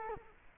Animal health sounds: mosquito wingbeat signal from an infrared sensor; Culex quinquefasciatus

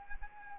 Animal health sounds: mosquito wingbeat signal from an infrared sensor; Anopheles arabiensis

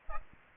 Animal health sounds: mosquito wingbeat signal from an infrared sensor; Aedes aegypti

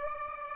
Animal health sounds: mosquito wingbeat signal from an infrared sensor; Aedes aegypti

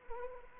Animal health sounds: mosquito wingbeat signal from an infrared sensor; Anopheles arabiensis

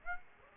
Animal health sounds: mosquito wingbeat signal from an infrared sensor; Aedes aegypti

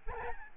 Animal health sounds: mosquito wingbeat signal from an infrared sensor; Aedes albopictus

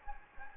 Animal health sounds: mosquito wingbeat signal from an infrared sensor; Anopheles gambiae

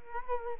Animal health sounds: mosquito wingbeat signal from an infrared sensor; Culex quinquefasciatus

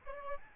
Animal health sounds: mosquito wingbeat signal from an infrared sensor; Aedes albopictus

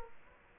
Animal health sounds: mosquito wingbeat signal from an infrared sensor; Aedes aegypti

